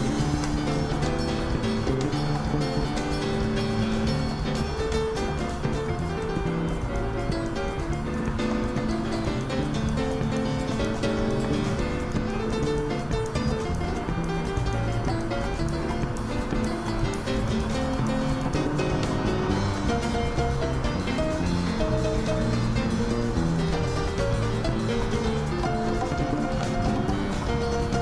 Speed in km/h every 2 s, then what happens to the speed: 69, 67, 65, 62, 63, 65, 67, 69, 71, 72, 72, 70, 68, 67.
0-8 slows to 63. 8-20 speeds up to 72.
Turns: none.